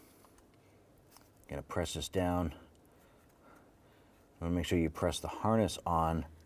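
A plastic injector harness connector is lined up and pressed down onto a fuel injector on a 2011-2018 Ram during an intake gasket replacement. Someone talks over faint handling ticks. Nothing has clicked or seated yet by the end of the clip.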